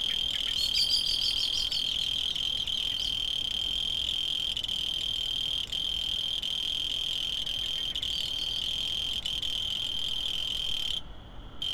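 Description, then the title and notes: Cricket trilling in a steady high continuous band, with a brief drop-out near the end. Field recordings made in Tavira, Tangier, Lima and Bhubaneswar. "ACA - Grabaciones de campo. Grillo 2. grabaciones hechas en tavira, tangier, lima, bhubanshwar"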